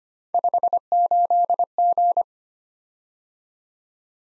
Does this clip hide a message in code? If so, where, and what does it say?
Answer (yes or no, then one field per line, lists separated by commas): yes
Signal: Morse code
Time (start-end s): 0.3-2.2 s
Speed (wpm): 25 wpm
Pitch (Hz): 700 Hz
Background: none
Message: 58G